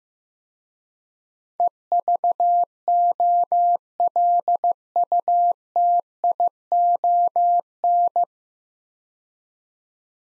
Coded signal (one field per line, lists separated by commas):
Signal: Morse code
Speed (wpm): 15 wpm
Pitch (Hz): 700 Hz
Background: none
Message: EVOLUTION